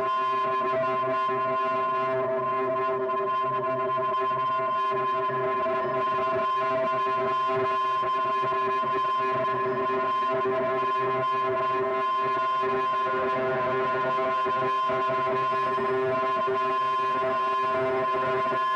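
A dense, continuous sound texture from an effects matrix and a resonator, built of many sustained ringing tones stacked from low to high. Steady throughout, with a constant grainy, distorted flutter over the held pitches and no clear breaks or separate events.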